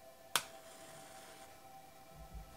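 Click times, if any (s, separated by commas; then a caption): 0.4 s. A wood stove's glass door on a Heta Icon Eclipse is pushed to the first latch position so it stays slightly ajar for lighting. A single sharp click of the latch in the stove body is heard at 0.4 s, followed by quiet low rumbling. The latch half clicks and holds the door partly open.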